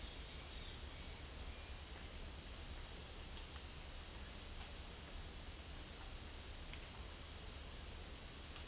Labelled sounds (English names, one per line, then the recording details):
none
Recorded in dense forest near Puerto Asís, Putumayo, Colombia, on 26 December 2024 at 10:30
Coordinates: 0.484, -76.325
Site G056